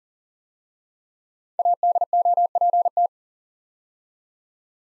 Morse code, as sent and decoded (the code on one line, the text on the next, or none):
.- -.. --- .--. -
ADOPT